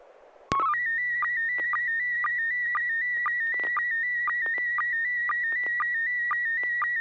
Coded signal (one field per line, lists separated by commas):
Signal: SSTV (slow-scan television)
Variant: PD 120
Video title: N6NA SSTV Net - 03/10/2021